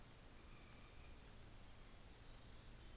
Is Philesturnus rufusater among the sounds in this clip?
no